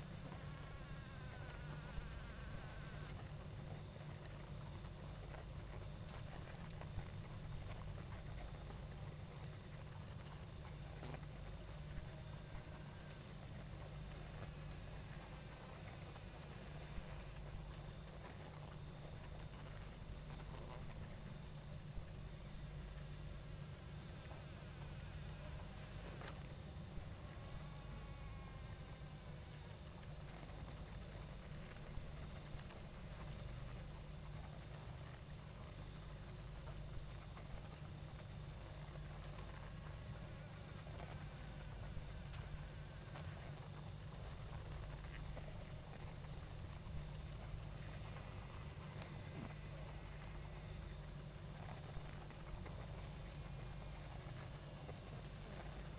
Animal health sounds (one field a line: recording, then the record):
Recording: honeybee colony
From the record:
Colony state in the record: active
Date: 28 July 2017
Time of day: 20:11